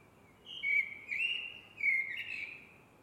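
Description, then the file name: Eurasian blackbird song: a mellow, fluting whistled phrase in three swelling sections, over a quiet background. "MERLES"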